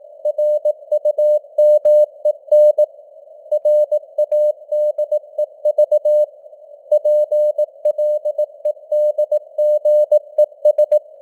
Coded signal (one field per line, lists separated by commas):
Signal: Morse code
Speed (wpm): 18 wpm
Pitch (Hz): 600 Hz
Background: none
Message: RUMEN RADEV PLEDGES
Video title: Morse Code News | 2026-01-21 | 18wpm